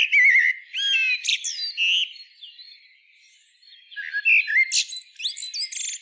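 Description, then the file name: Common blackbird song: loud fluted warbles and sharp high whistles at the start, a quiet stretch, then another phrase of warbling and squeaky notes. "Turdus merula"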